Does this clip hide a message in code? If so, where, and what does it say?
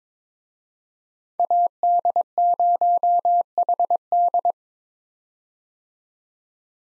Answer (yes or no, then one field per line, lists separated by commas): yes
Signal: Morse code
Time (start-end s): 1.4-4.5 s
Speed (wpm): 21 wpm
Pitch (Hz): 700 Hz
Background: none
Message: AD0HD